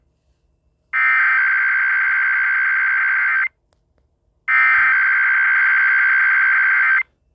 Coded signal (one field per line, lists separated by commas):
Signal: Emergency Alert System (SAME) tones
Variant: header bursts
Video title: Eas rwt on Wjon radio and kwwj 1360am Baytown tx Eas#388- 389)